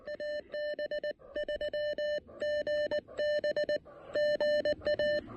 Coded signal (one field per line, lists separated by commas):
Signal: Morse code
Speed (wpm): 19 wpm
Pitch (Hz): 1800 Hz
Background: none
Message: AB3GB GA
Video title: A Little Lunch, Little Radio, and Little Antenna--Pairing the Elecraft KX1 & AX1 for Some QRP POTA!